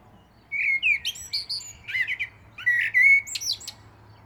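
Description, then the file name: Common blackbird song: rich, slurred whistles interleaved with thin, high squeaky flourishes. "Turdus merula"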